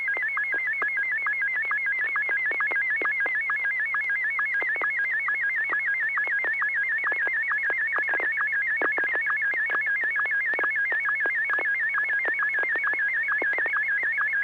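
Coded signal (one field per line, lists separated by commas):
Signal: SSTV (slow-scan television)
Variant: Martin 1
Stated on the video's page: Weekly SSTV net on an FM repeater on 441.300 MHz.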